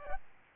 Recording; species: mosquito wingbeat signal from an infrared sensor; Aedes albopictus